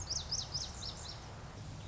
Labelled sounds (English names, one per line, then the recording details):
Lazuli Bunting
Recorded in Sonoma County, California